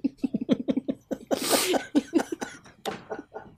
It was like this little baby sneeze. It was like, achoo.